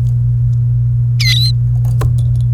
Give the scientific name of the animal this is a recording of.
Serinus canaria